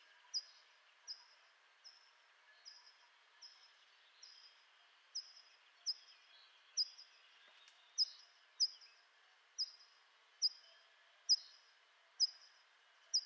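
Hawfinch calls: short, explosive high ticks repeated steadily over a low hiss.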